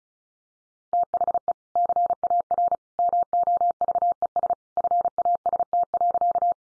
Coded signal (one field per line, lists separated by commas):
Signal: Morse code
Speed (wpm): 34 wpm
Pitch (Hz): 700 Hz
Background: none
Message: THE CAR MOVES FAST.